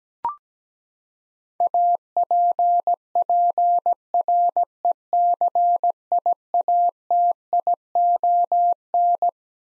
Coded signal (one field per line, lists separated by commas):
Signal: Morse code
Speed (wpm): 17 wpm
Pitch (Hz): 700 Hz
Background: none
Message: APPRECIATION